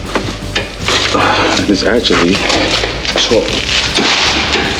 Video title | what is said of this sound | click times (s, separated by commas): 2013 CADILLAC ESCALADE REAR AIR STRUTS REPLACEMENT#cars #fypシ #diy | so you hear the clicking noise it's to right | 0.6 s